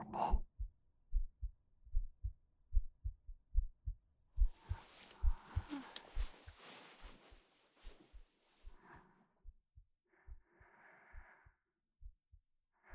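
Steady, soft low heartbeat thumps of an adult at about 73 a minute, heard up close, with brief breathy rustling in the middle.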